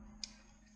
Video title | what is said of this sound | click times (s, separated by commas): Exocet Build: Rebuilding & Powder Coating Miata Brake Calipers (Part 10) | usually just pops right in there right | 0.2 s